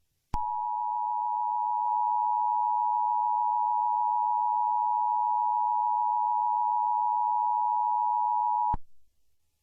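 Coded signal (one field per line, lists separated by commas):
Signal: Emergency Alert System (SAME) tones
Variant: 853 and 960 Hz attention tone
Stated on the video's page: Fictional EAS scenario, not a real alert.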